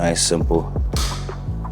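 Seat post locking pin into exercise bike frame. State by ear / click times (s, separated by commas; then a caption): seated / 1.0 s. An exercise bike seat is lowered to level one, and the spring-loaded locking pin on the seat post snaps into the hole in the frame with a single sharp mechanical click at 1.0 s while someone talks. The pin locks the seat in place.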